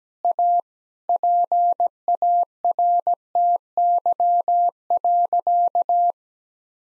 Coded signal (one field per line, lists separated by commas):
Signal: Morse code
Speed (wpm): 17 wpm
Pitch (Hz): 700 Hz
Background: none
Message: A PARTY.